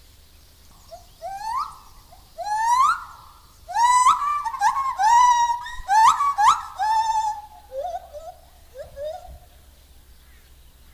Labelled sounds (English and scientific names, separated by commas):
Lar Gibbon (Hylobates lar) call